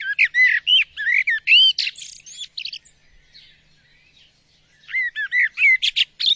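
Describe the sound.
Bird giving rapid bursts of chirped, curving whistled notes, a quieter pause, then another fast run of sharp chirps.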